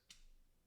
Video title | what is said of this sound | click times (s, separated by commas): 2018 - 2021 Volvo XC60 Remote Key Fob Battery Replacement - How To Change Or Replace Key Batteries | push it on there and then it'll slide down just a little bit to lock into place | 0.1 s